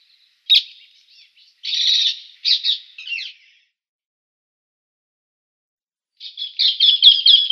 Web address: Schulze Peter Rose-ringed Parakeet